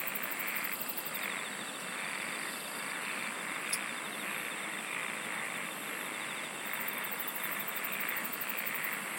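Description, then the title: Dense insect chorus of overlapping pulsed trills, a rhythmic soft throb underneath and one sharp click midway. "SINGING OF INSECTS"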